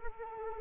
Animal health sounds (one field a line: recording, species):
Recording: mosquito wingbeat signal from an infrared sensor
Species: Anopheles arabiensis